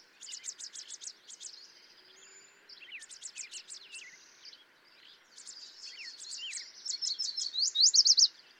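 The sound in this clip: Yellow warbler song, several fast high note runs, the last near the end loudest and ringing, amid a constant chorus of other birds.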